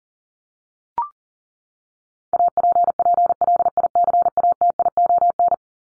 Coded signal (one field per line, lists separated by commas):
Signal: Morse code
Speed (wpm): 40 wpm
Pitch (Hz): 700 Hz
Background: none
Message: APPLICATION